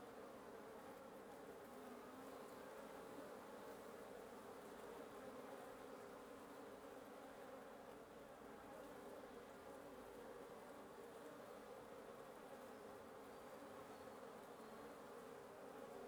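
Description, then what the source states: Wasp nest giving a constant, even buzzing hum, many insects droning together without a break. Wasp nest under the roof of the recordist's residence at 1a Avenida Norte 19, Antigua Guatemala, Guatemala; recorded in the morning.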